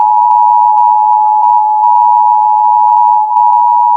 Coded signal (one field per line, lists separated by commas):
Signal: Emergency Alert System (SAME) tones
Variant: 853 and 960 Hz attention tone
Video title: EAS Scenario: Active Volcano Warning (School Project)